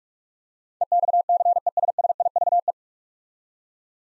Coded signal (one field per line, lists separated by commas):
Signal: Morse code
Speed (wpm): 44 wpm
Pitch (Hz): 700 Hz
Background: none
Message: EXCESSIVE